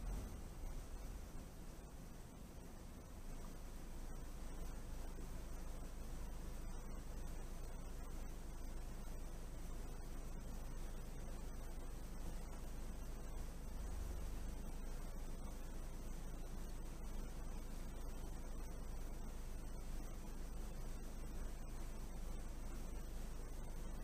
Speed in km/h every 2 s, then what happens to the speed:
8, 3, 0, 0, 0, 0, 0, 0, 0, 0, 0, 0.
0-3 slows to 0. 3-24 standing.